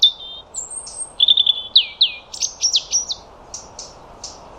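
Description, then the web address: European robin singing a quick phrase of high, thin whistles and fast trilled notes, ending in a few separated high notes. "Deverinetal 2025 File origin Bird Only Er Ru"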